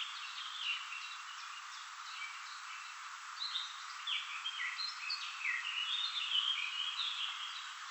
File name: Fringilla coelebs